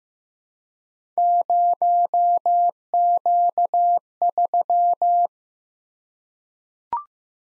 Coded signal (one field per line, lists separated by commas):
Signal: Morse code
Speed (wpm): 15 wpm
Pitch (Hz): 700 Hz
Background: none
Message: 0Q3